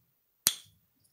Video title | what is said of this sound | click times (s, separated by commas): Lets "Bake a Pi"!!! This time lets go itsy bitsy! Introducing the PiTari! | when you get this in place and I'm gonna show you guys this you could actually do this outside listen closely click | 0.5 s